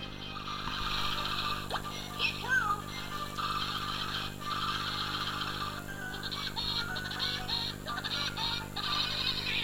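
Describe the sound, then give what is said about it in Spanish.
Raucous woodpecker calls cackle on and off for several seconds, a bright, nasal, laugh-like chatter like the laugh of Woody Woodpecker, repeating in uneven bursts over a steady low hum, with no one talking. “Pues esa risa del pájaro loco no es ninguna invención del dibujante, sino que probablemente el dibujante sí que era un buen también escuchador de la naturaleza, porque esa risa de loco, por eso el nombre de pájaro loco”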